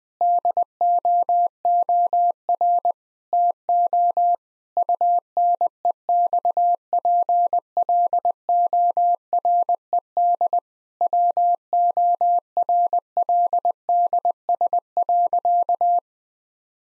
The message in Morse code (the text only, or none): DOOR TO UNEXPLORED WORLDS.